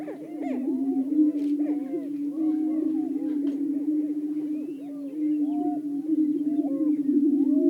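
Greater prairie-chickens: a deep continuous moaning drone with scattered short rising and falling cackles and whoops from several birds.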